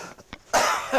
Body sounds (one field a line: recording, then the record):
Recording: coughing mixed with background sound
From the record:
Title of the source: Heavy cold and sore throat coughing.